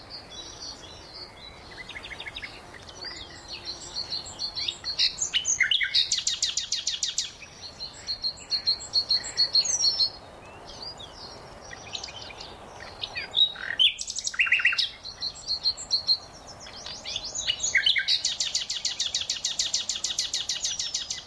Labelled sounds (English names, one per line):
Common Nightingale song